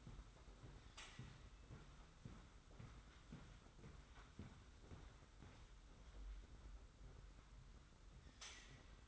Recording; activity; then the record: daily activity, microphone in the room; walk to room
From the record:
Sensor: 3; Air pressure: 991.1 hPa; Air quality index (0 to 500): 104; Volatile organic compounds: 40 ppm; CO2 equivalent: 3147 ppm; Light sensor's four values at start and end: 43/120/49/42 and 44/123/50/44